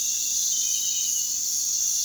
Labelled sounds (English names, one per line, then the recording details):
none
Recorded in pastures near Puerto Asís, Putumayo, Colombia, on 20 February 2024 at 05:00
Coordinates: 0.468, -76.328
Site G6414